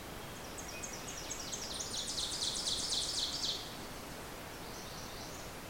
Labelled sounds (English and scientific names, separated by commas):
Ovenbird (Seiurus aurocapilla) song